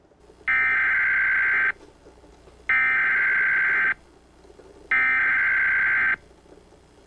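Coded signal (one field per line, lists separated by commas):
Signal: Emergency Alert System (SAME) tones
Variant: header bursts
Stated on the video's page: Valid EAS tones in a fictional animated story.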